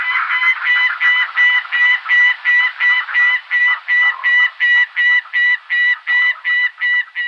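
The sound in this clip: Gyrfalcon cackle, a steady run of short, grating, nasal notes repeated nearly three times a second without a break, even in pitch throughout.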